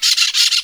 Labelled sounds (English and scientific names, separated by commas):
Brown-throated Parakeet (Eupsittula pertinax) contact call